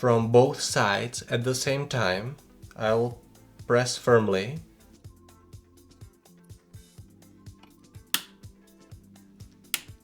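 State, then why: Seated. Someone talks while a RAM memory module is pressed firmly into a motherboard DIMM slot from both sides at once. A few faint ticks follow, then the slot latches close with sharp, bright clicks at 8.1 s and 9.7 s, and the module is seated.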